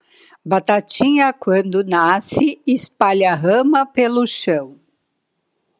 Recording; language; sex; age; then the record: short text; Brazilian Portuguese; female; 50 to 59 years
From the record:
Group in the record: control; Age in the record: 58 years